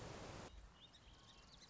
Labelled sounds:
Song Sparrow (Melospiza melodia)

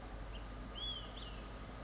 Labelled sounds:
Olive-sided Flycatcher (Contopus cooperi)

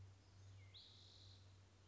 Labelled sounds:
Spotted Towhee (Pipilo maculatus)

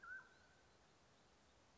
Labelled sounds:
Mountain Quail (Oreortyx pictus)

